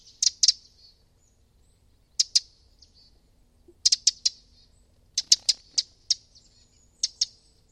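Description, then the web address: Bird calls: sharp high chirps, mostly in quick pairs, sometimes three or four together, coming in bursts separated by short pauses. "Deverinetal 2025 File origin Bird Only"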